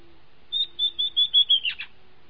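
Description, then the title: Southern chestnut-tailed antbird call: a series of several clear whistled notes near one pitch, slightly descending, ending in two rougher, broader notes. Nominate subspecies hemimelaena. "LuckyPassaro Completos2Sama. Southern Chestnut-tailed Antbird (Myrmeciza hemimelaena hemimelaena)"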